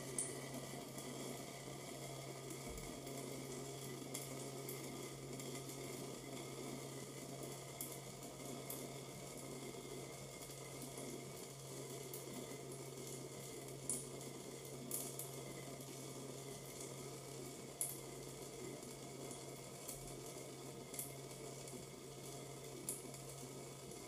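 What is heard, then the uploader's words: Water drips onto a plastic cup, each drop a short bright tick arriving irregularly every couple of seconds, with a few louder ones around 15 and 18 seconds. A steady low hum and a constant whirring mechanical noise run underneath throughout. Water Dripping on Plastic Cup.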